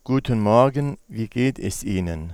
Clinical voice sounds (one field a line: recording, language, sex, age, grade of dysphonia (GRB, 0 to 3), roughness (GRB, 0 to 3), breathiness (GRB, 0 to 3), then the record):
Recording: spoken sentence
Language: German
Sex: male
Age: 60 to 69 years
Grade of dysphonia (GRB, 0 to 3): 1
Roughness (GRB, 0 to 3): 1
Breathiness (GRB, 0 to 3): 1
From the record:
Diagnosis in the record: cyst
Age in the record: 64 years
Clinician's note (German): Intraepithelisch